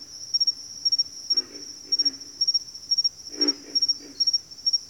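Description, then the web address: Pig frog gives low guttural grunts in two short bunches, while a piercing insect trill runs steadily throughout. "Nature Sounds Sounds of Nature Collection 06 Pig Frogs"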